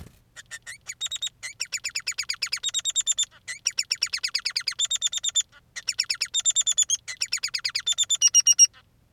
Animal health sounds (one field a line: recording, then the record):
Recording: song of a male Bengalese finch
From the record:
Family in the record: son of father 3